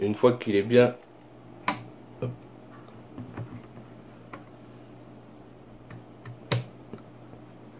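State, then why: Seated. A RAM memory module is pressed into a motherboard DIMM slot until the plastic retaining clips on each end snap shut. Someone talks briefly, then two sharp clicks sound at 1.7 s and 6.5 s, one for each side, with a few faint taps in between. The module is seated.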